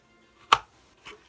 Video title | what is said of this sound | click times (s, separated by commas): Concealment Express Holster | it you know it makes it a click sound that it's | 0.5 s